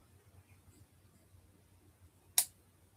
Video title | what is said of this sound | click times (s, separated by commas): trying to build my Christmas present from my aunt for a third time | Well, that made a loud snap into place that time. | 2.4 s